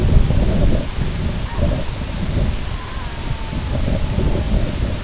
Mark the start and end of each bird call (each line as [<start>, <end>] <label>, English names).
[1.40, 1.61] Red-throated Loon
[2.60, 4.74] Red-throated Loon